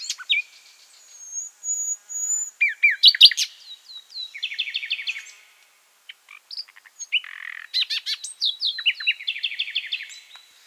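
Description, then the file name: Common nightingale song: a long sustained high whistle, then bursts of fast repeated notes and descending rattling series, broken by short silences. "Luscinia megarhynchos"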